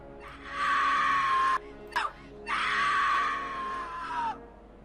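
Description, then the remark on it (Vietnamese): Two long, loud, agonized wailing screams from a twisted face appearing in a hazy ring of light in a palm, each sustained at a high strained pitch and trailing off, separated by a brief gasping break with a short sharp cry in between. “trong đó hé ra một khuôn mặt vặn vẹo, toét miệng phát ra từng tiếng kêu gào thê thảm.”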